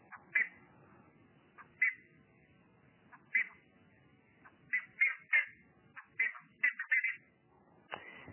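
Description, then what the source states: Plumbeous Ibis giving loud, sharp, high calls in short bursts, several over eight seconds. Grey, long-billed bird of marshes, related to ibises; very powerful, high-pitched call used much in flight.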